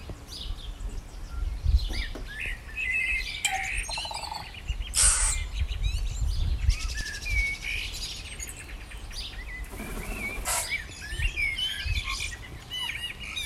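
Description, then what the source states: Several birds sing at once, with bright chirps and whistled notes overlapping throughout and a few harsh bursts, against a constant low background hum. Morning.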